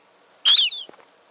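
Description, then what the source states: Gull begging call, a single loud squealing note that rises then slurs downward, followed by a soft click. Hungry young gull following its parent as the parent scavenges the beach for tidbits; begging call.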